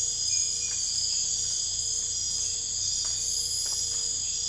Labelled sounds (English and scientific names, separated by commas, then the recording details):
none
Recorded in dense forest near Puerto Asís, Putumayo, Colombia, on 22 December 2024 at 01:00
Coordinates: 0.484, -76.325
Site G056